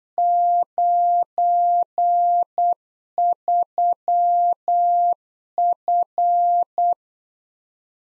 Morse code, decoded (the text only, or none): 93F